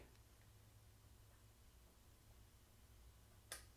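A threaded nut on a Benjamin 3100 airgun is turned backwards on the valve body thread, with a steady low hum in the background. At 3.5 s a single small, sharp click is heard as the thread start drops over, and the nut is seated.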